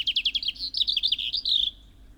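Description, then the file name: European robin delivering a rapid series of quick repeated notes that run together into a brief sustained whistle. "Erithacus rubecula"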